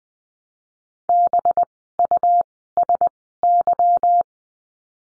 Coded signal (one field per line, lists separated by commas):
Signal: Morse code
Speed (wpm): 20 wpm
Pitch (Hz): 700 Hz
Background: none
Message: BUSY